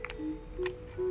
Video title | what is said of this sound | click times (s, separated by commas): Canon Reflex Zoom 8 - 8mm Camera Overview and Loading | did you hear that it kind of like you heard like a click so that means the film is now inside | 0.1 s